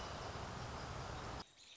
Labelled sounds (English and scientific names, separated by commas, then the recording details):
American Robin (Turdus migratorius)
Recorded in Sonoma County, California